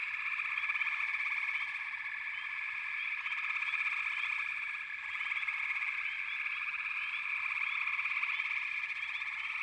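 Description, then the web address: Frogs calling together in a thick, unbroken chorus of rapid pulsed trills, with brief rising chirps sprinkled throughout. "Nature Songs Nature Sounds The Natural Sounds of the Wilderness 10 CDs collection Echoes of Nature - Frog Chorus"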